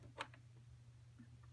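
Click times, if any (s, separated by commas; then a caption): none. A snap-on digital dual feed presser foot is handled beneath a sewing machine's presser foot holder, before the holder is lowered onto it. A steady low hum runs throughout, with a sharp light tap near 0.2 s and a softer one near 0.3 s. Nothing has snapped into place or seated yet.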